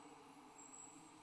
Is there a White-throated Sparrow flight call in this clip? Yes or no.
no